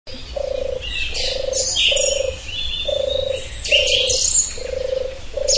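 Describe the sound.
Bird calls: high chirps and twittering notes throughout, over a steady low pulsed note repeated at regular intervals.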